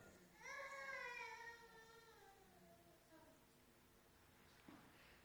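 A small baby's high, wailing cry rises sharply, holds for about a second and then slides down in pitch. A softer, trailing whimper follows, heard faintly and at a distance in a large, echoing room.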